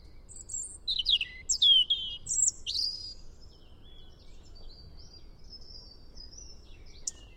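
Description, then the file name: European robin: high, sharp sweeping song notes from a robin-type bird in a quick cluster, followed by faint drawn-out thin whistles, against a soft constant background hiss. "Erithacus rubecula"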